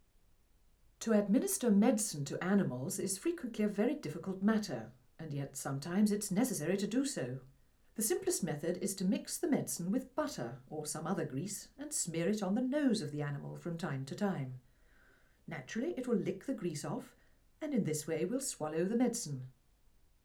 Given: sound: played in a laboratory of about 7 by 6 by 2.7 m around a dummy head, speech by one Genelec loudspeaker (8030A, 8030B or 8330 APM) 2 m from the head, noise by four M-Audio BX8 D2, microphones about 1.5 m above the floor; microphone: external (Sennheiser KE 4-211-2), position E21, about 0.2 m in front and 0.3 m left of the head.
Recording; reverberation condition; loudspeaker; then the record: female speech in English; low; 60 degrees to the left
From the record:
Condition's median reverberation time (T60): about 310 ms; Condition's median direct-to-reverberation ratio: about 3.5 dB